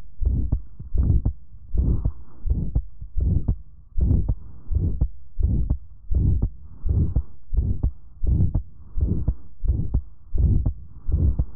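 Regular heartbeat at about 80 beats a minute, with a harsh, hissing murmur filling the gap between the two heart sounds of each beat. This is the systolic ejection murmur of aortic stenosis, a narrowed aortic valve that blood is forced through.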